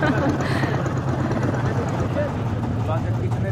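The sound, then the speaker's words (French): A boat engine churns in reverse to back the boat off a sandbank it has run aground on, with a steady, loud low rumble and throbbing hum that holds evenly throughout, while voices murmur underneath. “Et tout le monde a un peu tangué et maintenant on fait marche arrière.”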